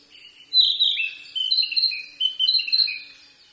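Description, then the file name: Narcissus flycatcher song: a lively run of clear whistled phrases, alternating higher and lower notes in quick succession, fading at the close. "kibitaki"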